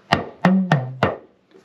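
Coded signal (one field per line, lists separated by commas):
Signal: talking drum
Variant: Yoruba dùndún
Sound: four quick drum strokes whose low pitch steps downward, mimicking a spoken name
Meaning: The drum speaks the name Elizabeth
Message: Elizabeth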